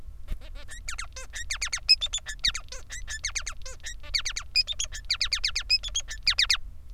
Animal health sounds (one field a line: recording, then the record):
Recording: song of a male Bengalese finch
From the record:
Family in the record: son of father 3